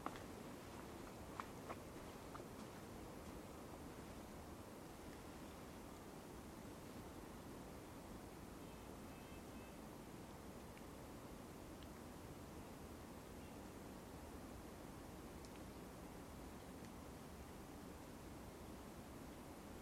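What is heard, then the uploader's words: Winter ambience in a forest park: a steady, dense wash of low rushing noise holds at an even level for the whole stretch. A few sharp ticks stand out near the start, and faint brief high chirps or squeaks surface now and then around the middle and later. Forest Park in Winter.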